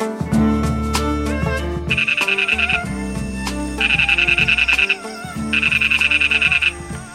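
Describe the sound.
Lesser toad calling in bright, rapid pulsed trills lasting about a second each, repeated three times, over a loud low background sound.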